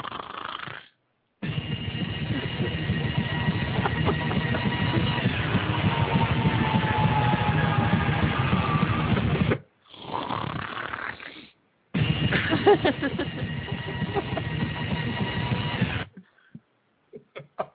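Loud, harsh rattling sounds come in long sustained stretches with brief gaps between them. A strained, whistling edge makes them sound almost like a scream. This is heavy snoring from an adult during sleep, caused by strong vibration of the upper airway.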